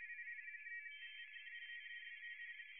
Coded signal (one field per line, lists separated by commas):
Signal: RTTY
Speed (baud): 45.45 baud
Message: IN3VVK TEST